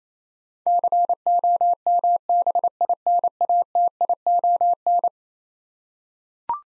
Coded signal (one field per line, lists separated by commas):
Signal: Morse code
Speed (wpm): 28 wpm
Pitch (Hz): 700 Hz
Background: none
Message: COMBINATION